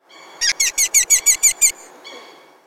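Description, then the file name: Red-footed falcon call: a rapid, evenly spaced series of about eight high, shrill notes, followed by a fainter note. "Falco vespertinus"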